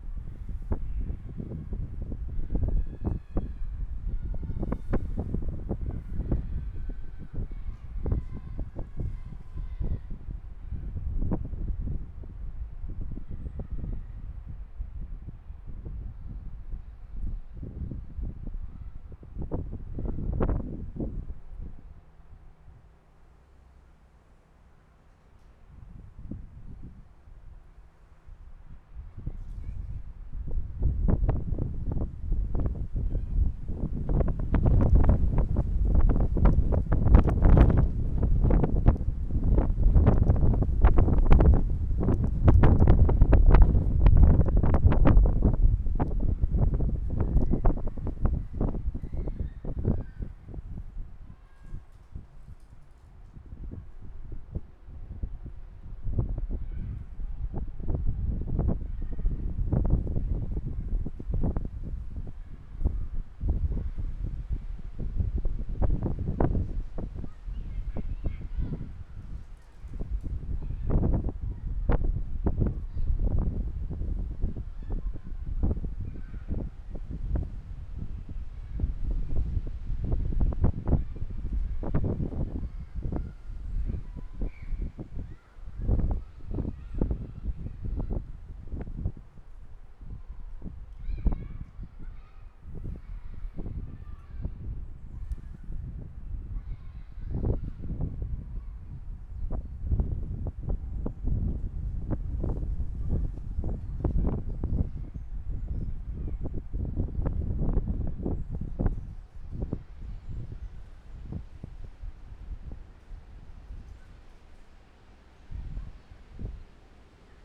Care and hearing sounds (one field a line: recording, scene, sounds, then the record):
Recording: everyday scene through a hearing-aid microphone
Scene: wind on the microphone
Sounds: squally wind, voices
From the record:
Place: parking lot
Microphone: behind the ear, left, rear